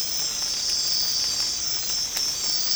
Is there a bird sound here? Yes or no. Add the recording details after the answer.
no. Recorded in secondary vegetation near Puerto Asís, Putumayo, Colombia, on 8 March 2025 at 05:00. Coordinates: 0.485, -76.322. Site G040